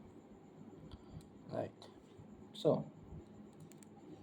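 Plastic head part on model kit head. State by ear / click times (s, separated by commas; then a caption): partly seated / 3.7 s, 3.8 s. A plastic part is pressed onto the top of the head of a Real Grade RX-78-2 Gundam 2.0 model kit while someone talks. Small clicks come at 3.7 and 3.8 seconds. The part is not fully seated, not all the way in.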